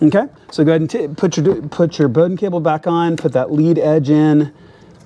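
A man talks while refitting the door card of an M2, placing the lead edge of the door-release Bowden cable toward its plastic mount on the door card handle. The cable end has not yet snapped into its mount, and nothing has seated or clicked yet.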